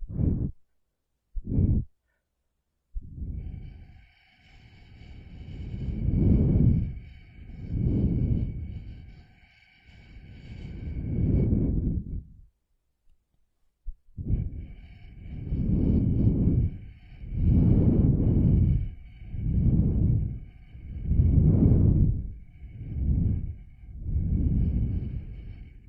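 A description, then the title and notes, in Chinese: Breath blown through a straw in repeated soft, airy puffs, each swelling and fading over a second or two, with a steady faint whistle above and a short pause midway. 吸管 吹气音，耳朵暖暖的！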